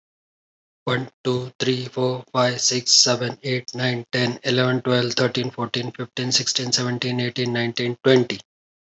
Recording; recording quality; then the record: counting at a fast pace; excellent, no background noise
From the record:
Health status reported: healthy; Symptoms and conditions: none ticked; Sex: male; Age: 45 years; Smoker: not ticked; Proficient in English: yes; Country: India